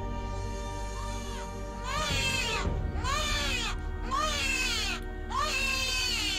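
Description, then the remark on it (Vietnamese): Eerie infant crying: four drawn-out, high wavering wails, each rising and falling in pitch, repeating over a steady low droning background with no talking. “Thì bất giác, những tiếng trẻ con khóc ma mị vang lên.”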